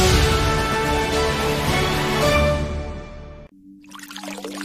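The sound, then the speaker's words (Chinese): Tap water runs in a steady, full rush with a faint ringing tone, then cuts off abruptly, leaving a low hum and a softer hiss. No one speaks. “你知道随时关紧水龙头可以节省很多水”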